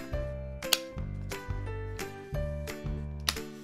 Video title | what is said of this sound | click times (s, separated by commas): Uppababy Vista - Prezentacja wózka + instrukcja - Bociek.eu | and to lock the harness back in, simply insert until you hear a click. | 0.7 s, 3.3 s